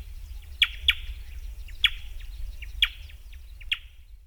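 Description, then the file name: Grey wren-warbler producing sharp clicks with brief buzzy tails, irregularly spaced with a close pair at the start, against faint low-frequency noise. "Grey Wren Warbler (Camaroptera simplex)"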